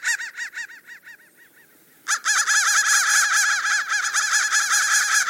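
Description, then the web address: Crow caws: a short run of fading harsh calls, a brief lull, then a sudden loud burst of rapid, overlapping cawing from several birds. "soundfactory crow"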